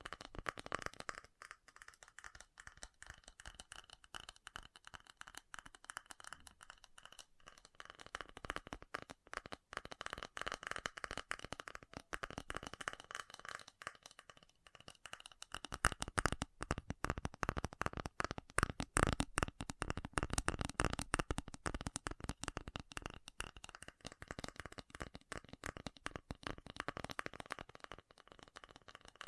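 Fast tapping runs throughout in dense, rapid bursts of sharp clicks with a dry, crinkly texture. It starts sparser and lighter, grows busier after about eight seconds, and is loudest and densest from fifteen to twenty-five seconds before easing slightly.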